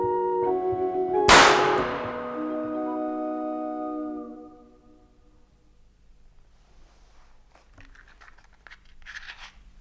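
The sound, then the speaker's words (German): In the crime radio play "Das Lied der Drehorgel", a single loud gunshot cracks out over a sustained barrel organ chord, which keeps ringing for a few seconds before fading, leaving faint rustling and scattered soft noises. “Dieser Schuss, meine Damen und Herren, und die Melodie auf der Drehorgel, die Sie soeben hörten, waren der Schlüssel zu einem seltsamen Kriminalfall”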